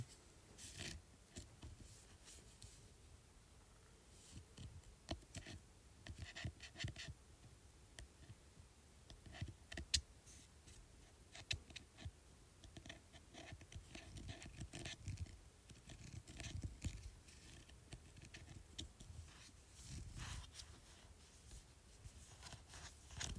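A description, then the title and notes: Scratching on a speaker: dense, irregular scraping strokes run through the whole clip, each burst mixing a low rumble with a bright, crackly hiss. Short sharp ticks stand out every few seconds, one especially loud near ten seconds, over a faint steady background. ASMR Scratching Speaker.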